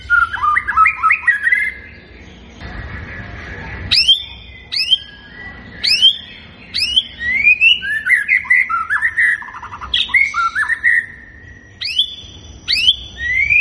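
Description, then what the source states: White-rumped shama song mixing warbled whistles with sharp high downslurred notes, delivered in bursts throughout. Lure recording of an actively singing bird, meant to make it respond at once.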